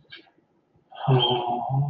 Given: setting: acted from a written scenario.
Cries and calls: vocal sound without words; romantic love

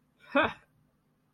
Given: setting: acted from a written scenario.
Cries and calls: vocal sound without words; pride

